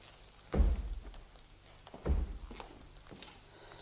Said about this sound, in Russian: Стучит кто-то! А где?